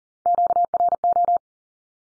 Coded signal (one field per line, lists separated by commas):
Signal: Morse code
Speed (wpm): 40 wpm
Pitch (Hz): 700 Hz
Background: none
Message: QRO